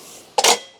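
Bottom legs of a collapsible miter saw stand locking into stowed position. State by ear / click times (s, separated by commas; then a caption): seated / 0.4 s. The bottom legs of a collapsible rolling metal miter saw stand are folded and stowed after the top legs have been stowed with their levers. A sharp metallic clack at 0.4 s is followed by a brief ringing clatter. The legs lock into place.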